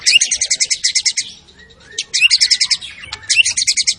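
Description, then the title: White-rumped shama song: three bursts of rapid high rattling notes, each about a second long, with a quiet gap between them. Lure sound of a very active shama delivering its full repertoire, meant to stir up other shamas. "MURAI BATU. MURAI GACOR SUPER EDAN SEMUA MATERI DI KELUARIN. SHAMA BIRD"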